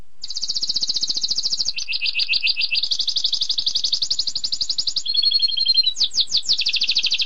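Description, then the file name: Canary delivering high rolling trills, a lower pulsed section, a short steady buzzy tone, then fast sweeping notes back into a bright trill. Canary song used as training audio for magpie robins, shamas and leafbirds. "kenari untuk kacer murai cucak hijau omkicau com"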